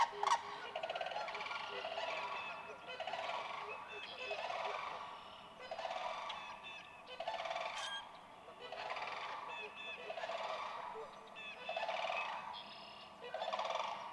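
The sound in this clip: Sandhill crane giving rolling rattled calls, repeated in bursts roughly every one to two seconds.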